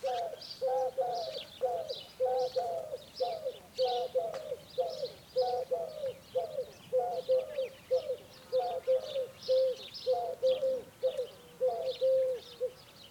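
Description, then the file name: Common wood pigeon cooing: soft low hooted notes in steady repeated phrases, over a busy background of high chirping songbirds. Recorded 30 December 2006. "20061230 Woodpigeon"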